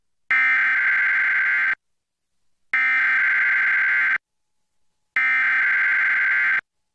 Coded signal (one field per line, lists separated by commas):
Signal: Emergency Alert System (SAME) tones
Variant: header bursts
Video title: EAS Required Monthly Test [11/8/2023]